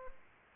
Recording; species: mosquito wingbeat signal from an infrared sensor; Aedes albopictus